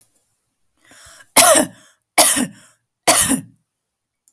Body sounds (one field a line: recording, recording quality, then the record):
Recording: heavy voluntary cough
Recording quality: excellent, no background noise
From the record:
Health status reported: healthy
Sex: female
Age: 31 years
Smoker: no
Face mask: not worn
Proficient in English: yes